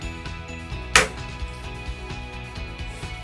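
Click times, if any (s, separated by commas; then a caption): 1.0 s. The last edge of a plastic back cover is pressed home onto a smartphone body, so that all of its clips snap in. A single sharp snap is heard at 1.0 s over steady background music. The back cover is fully seated.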